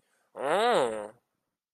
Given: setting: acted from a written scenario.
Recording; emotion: vocal sound without words; interest